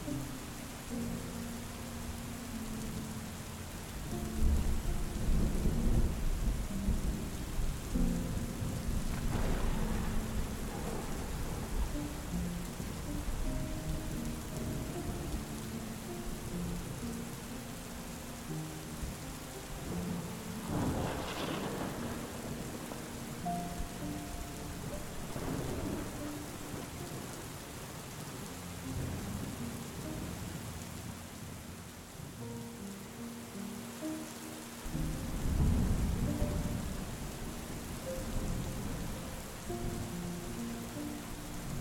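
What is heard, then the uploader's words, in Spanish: A storm with steady rain hissing throughout, while soft, slow music holds low sustained tones underneath. Deep thunder rumbles roll in every few seconds, with stronger swells near 5, 10, 21 and 35 seconds, then fade back into the rain. DORMIR con la Hechizante TORMENTA y la MÚSICA Relajante.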